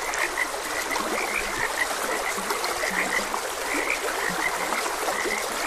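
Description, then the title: Frog chorus of bright short notes plus a few lower croaks, heard over steady stream flow. Frogs croaking beside a gentle stream. "Gentle Stream and Frogs Croaking"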